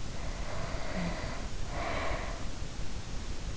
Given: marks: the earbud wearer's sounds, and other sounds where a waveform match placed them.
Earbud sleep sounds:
sounds in sleep by an in-ear microphone; snoring breath
0.11-2.66 s: snoring breath

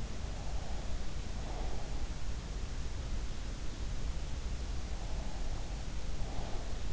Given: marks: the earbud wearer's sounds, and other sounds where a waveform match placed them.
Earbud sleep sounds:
sounds in sleep by an in-ear microphone; breath
0.37-1.98 s: breath
4.93-6.92 s: breath

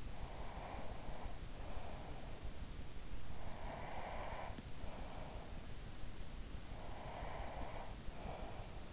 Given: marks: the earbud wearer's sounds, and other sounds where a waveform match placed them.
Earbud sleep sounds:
sounds in sleep by an in-ear microphone; breath
0.09-2.49 s: breath
3.49-5.63 s: breath
6.79-8.93 s: breath

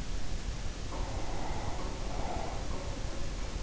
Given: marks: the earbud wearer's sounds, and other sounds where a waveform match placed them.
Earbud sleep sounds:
sounds in sleep by an in-ear microphone; breath
0.62-3.33 s: breath

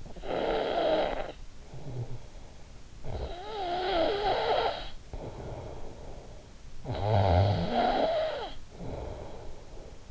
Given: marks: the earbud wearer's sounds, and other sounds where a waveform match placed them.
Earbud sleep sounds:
sounds in sleep by an in-ear microphone; snoring breath
0.00-2.57 s: snoring breath
2.83-6.37 s: snoring breath
6.60-10.11 s: snoring breath

